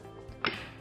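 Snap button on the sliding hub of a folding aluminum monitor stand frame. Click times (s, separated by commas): 0.5 s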